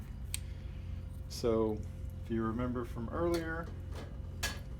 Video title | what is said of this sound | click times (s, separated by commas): Olympus BiPolar Plasma System | and that's going to load in and then you're going to feel it click in just like that and you can check it to make sure it's clicked in | 0.3 s